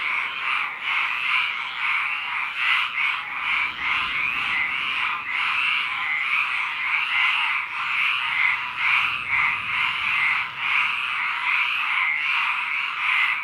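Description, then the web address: Frogs calling in a dense chorus, a steady rasping croaking that pulses roughly once a second without pause. Frogs at a lake. "Blue Box animals froglake"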